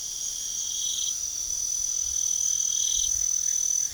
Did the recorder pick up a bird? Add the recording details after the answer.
no. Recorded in pastures near Puerto Asís, Putumayo, Colombia, on 9 March 2025 at 01:00. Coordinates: 0.497, -76.327. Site G072